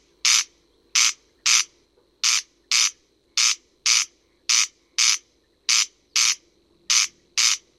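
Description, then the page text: Corn crake's grating two-part call, paired scraping notes repeated at an even pace, around a dozen bursts, nothing else audible but a soft hum. Playback track for breeding-season surveys in France. "Râle des genêts"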